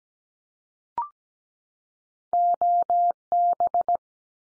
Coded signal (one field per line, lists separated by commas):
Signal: Morse code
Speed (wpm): 17 wpm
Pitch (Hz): 700 Hz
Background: none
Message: OB